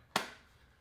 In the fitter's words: very nice click onto the phone